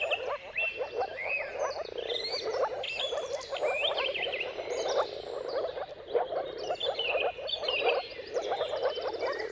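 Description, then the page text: Moor frogs calling in a dense chorus, a continuous low bubbling hum of overlapping croaks, with birds whistling and trilling above throughout. Mating calls of a moor frog chorus recorded at sunrise, at the turn of March and April, timing depending on the weather. "Jakub-Orzecki moor frogs. Dawn’s Chorus: Mating Calls of Marsh Frogs at Sunrise. Depending on the weather at the turn of March and April, you can witness an amazing spectacle of moor frogs"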